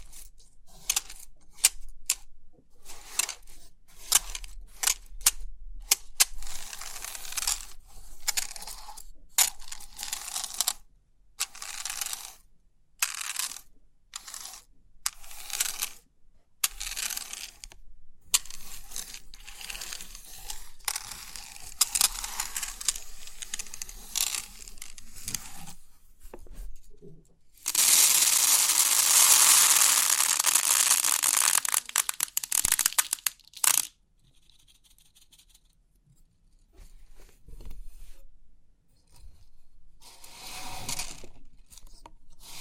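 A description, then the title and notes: Crisp pin art tingles: rapid bursts of bright clicking and scratching with short pauses, and a dense, hissing rush around thirty seconds. Crisp 3D Pin Art Tingles(No Talking).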